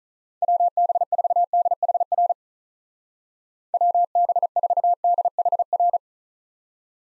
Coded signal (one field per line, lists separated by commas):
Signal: Morse code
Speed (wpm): 47 wpm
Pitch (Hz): 700 Hz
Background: none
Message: WB4DHR WB4DHR